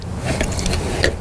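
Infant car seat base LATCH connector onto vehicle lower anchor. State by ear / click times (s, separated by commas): not seated / none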